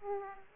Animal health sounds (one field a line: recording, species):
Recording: mosquito wingbeat signal from an infrared sensor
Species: Aedes aegypti